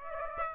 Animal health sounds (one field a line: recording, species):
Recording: mosquito wingbeat signal from an infrared sensor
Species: Aedes aegypti